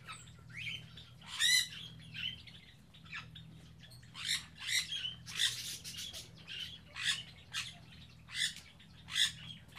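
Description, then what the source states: Aviary birds calling: bursts of sharp, squawky chirps coming every second or so, over a steady low hum. Captive birds in an aviary on Spetses.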